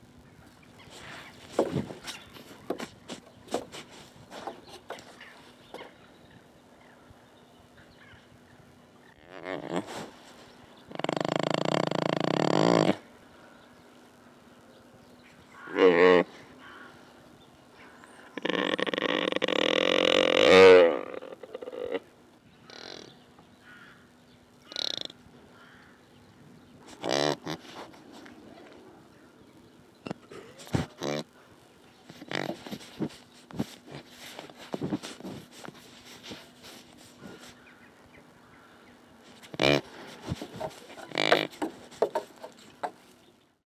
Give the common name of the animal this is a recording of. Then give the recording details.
Mule Deer. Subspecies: hemionus. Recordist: Tembrock, Günter. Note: Hirsch: diverse Laute